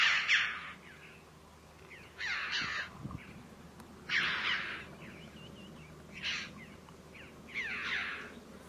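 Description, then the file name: Red-billed chough giving harsh, ringing downslurred calls in separated bursts about every two seconds, with fainter calls between them. "Canto do gralha de bico vermelho"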